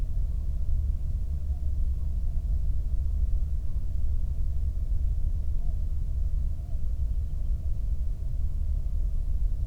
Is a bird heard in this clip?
yes